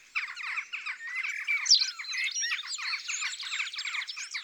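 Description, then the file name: Western jackdaws giving dense, overlapping harsh chattering calls, many short squawky notes running together throughout without pause. "Choucas des tours"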